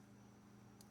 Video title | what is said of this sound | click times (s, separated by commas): TRM Knives: Are They the Best USA Made EDC Knives? | lock into place at half stop, | 0.8 s